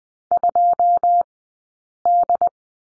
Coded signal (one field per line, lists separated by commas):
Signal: Morse code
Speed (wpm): 20 wpm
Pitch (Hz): 700 Hz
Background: none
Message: 2D